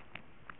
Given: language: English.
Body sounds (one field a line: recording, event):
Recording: throat vibration sensor signal played as sound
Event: swallow